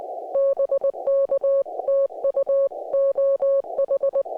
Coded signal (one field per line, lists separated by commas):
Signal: Morse code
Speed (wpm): 20 wpm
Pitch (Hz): 550 Hz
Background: music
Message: BK TU OH